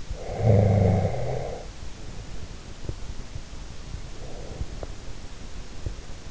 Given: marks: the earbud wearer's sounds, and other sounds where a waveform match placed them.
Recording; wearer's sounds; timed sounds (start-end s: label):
sounds in sleep by an in-ear microphone; snoring breath, breath
0.11-1.91 s: snoring breath
3.91-4.88 s: breath